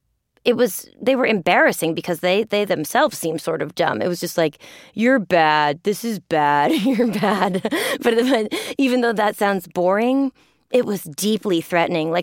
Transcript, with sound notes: they were embarrassing because they themselves seem sort of dumb. It was just like, you're bad. This is bad. You're (laughter) bad. But even though that sounds boring, it was deeply threatening.